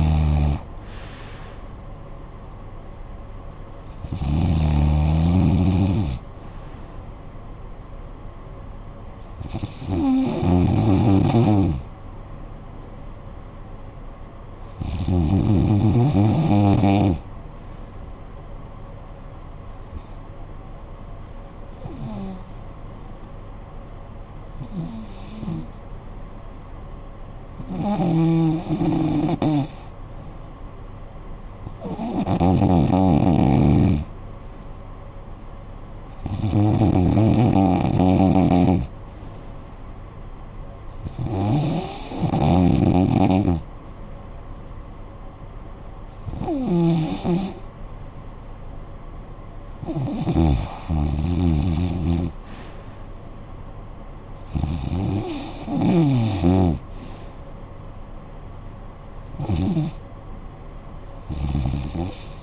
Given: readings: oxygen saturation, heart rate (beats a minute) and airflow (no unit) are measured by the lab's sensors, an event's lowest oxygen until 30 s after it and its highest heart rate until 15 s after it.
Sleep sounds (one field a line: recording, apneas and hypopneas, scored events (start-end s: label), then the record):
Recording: breathing in sleep by a smartphone at the bedside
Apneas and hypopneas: 1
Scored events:
14.00-33.50 s: hypopnea (REM, oxygen 96% highest, then 90% lowest, heart rate 57 at the start, 65 highest)
From the record:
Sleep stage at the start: REM sleep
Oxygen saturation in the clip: 90 to 96%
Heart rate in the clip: 56 to 67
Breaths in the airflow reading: 15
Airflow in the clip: -13.6 to 9.5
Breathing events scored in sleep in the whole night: 445 in 7.6 hours asleep